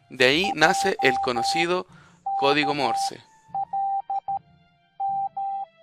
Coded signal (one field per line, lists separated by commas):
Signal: Morse code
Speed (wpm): 13 wpm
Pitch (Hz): 790 Hz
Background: speech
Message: JKLM